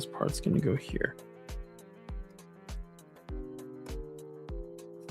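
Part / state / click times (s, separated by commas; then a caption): plastic building brick piece onto a brick model / not seated / none. A plastic LEGO piece is handled and positioned over a brick model while someone talks briefly over steady background music with regular beats. Nothing has snapped or seated yet by the end of the clip.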